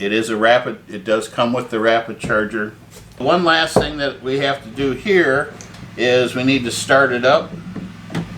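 Someone talks throughout while an M18 slide-on lithium-ion battery pack is handled at the battery port of a Milwaukee M18 Fuel cordless chainsaw, with a brief sharp sound near the very end. The pack has not yet been pushed home, so nothing has seated or clicked yet.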